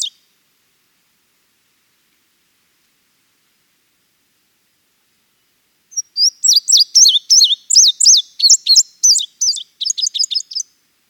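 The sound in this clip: Indigo bunting singing a lively run of high, paired warbled notes lasting about five seconds after a long quiet pause, phrases quickening near the end.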